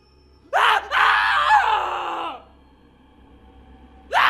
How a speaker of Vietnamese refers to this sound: Tiếng hét thất thanh của Đoan đã đánh động những người còn lại. Ai nấy cũng đã nháo nhào vơ lấy vội vũ khí, đèn pin, lao về phía âm thanh phát ra.